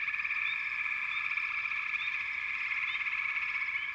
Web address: Natures Songs Nature Sounds Sounds of Nature Collection 28 Frog Chourus